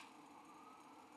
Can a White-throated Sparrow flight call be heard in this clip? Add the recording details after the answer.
no. No flight call is heard. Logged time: 09:39 on 5 December 2014